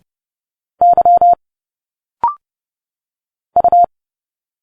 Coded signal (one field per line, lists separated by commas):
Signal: Morse code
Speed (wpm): 29 wpm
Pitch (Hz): 700 Hz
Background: none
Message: Y U